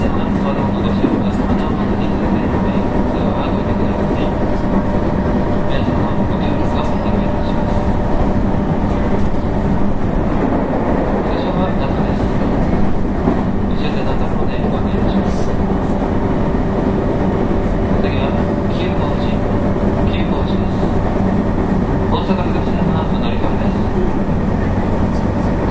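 A 221 series electric train runs steadily, a constant low rumble with faint motor whine and occasional rattles and clicks throughout.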